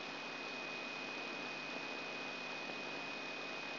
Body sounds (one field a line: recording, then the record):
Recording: brain microelectrode recording played as sound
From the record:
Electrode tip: outside the subthalamic nucleus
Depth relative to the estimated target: 3 mm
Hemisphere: left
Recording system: AlphaMap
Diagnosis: Parkinson's disease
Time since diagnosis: 6 years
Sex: female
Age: 40 years